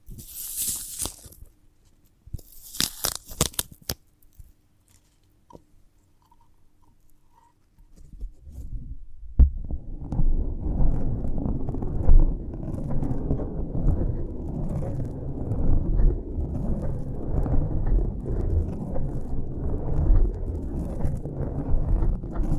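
Sharp crunches and a bright tearing crackle in the first four seconds, then steady low rumbling chewing of sprouted coconut from nine seconds on.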